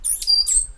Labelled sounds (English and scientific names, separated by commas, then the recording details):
Stitchbird (Notiomystis cincta) song
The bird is a male
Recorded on Tiritiri Matangi Island, New Zealand, in 2005
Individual 8, of nest box 10